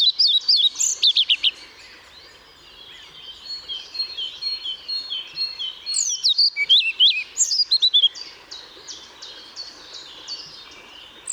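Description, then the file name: European pied flycatcher singing quick high chirping phrases at the start and again around six to eight seconds, with quieter birds chirping between phrases. Recorded 1 May 2014 at Paehl. "Trauerschnaepper 01 05 2014 Paehl WM Michle Pron"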